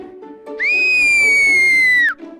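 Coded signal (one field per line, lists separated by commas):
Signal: whistled language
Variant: Turkish kuş dili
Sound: one loud sustained whistle rising to about 2.5 kHz, slowly falling, then dropping off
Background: faint background hum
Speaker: Ha bu baş parmaklarım kalın çıkardı sesi. Böyle.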